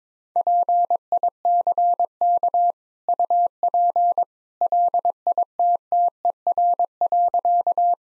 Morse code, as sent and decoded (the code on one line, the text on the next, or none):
.--. .. -.-. -.- / ..- .--. / .-.. .. - - . .-. .-.-.-
PICK UP LITTER.